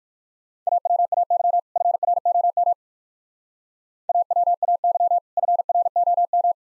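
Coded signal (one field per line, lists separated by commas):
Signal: Morse code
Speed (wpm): 56 wpm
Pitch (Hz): 700 Hz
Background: none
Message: AWAY FROM AWAY FROM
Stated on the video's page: Speed-racing practice drill of two-word sets, starting at 45 wpm and slowing to a base speed, final repeat sent once at maximum speed.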